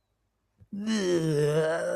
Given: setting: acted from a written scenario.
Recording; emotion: vocal sound without words; disgust